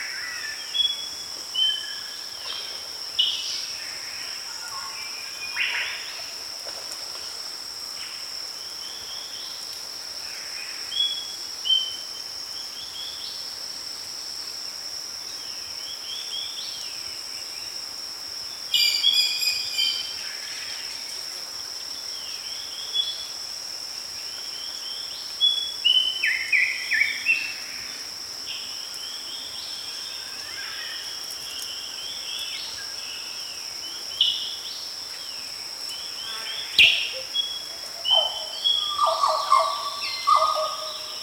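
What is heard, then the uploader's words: Rainforest ambience with a constant high, thin insect drone running through the whole recording. Scattered bird calls and chirps come every few seconds, bright, with a denser cluster near 19 seconds and a sharp click around 37 seconds. RAINFOREST AMB- QLD - AUSTRALIA by SolWind.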